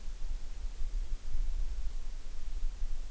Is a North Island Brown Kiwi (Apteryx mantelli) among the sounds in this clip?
no